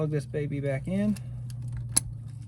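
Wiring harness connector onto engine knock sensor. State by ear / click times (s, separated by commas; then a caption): seated / 2.0 s. A wiring harness electrical connector is pushed back onto the engine knock sensor of a 2014 Chevy Cruze 1.4 Turbo while someone talks. A few faint ticks come from about 1.5 s. The plastic latch locks with a sharp, loud click at 2.0 s, and the connector is seated.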